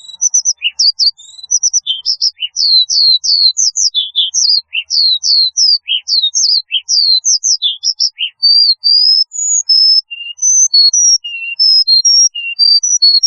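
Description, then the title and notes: Horsfield's bush lark singing a long, lively medley of sharp high chirps and quick slurred notes with occasional lower dips, easing into evenly spaced whistled notes. "Kicau Burung Branjangan"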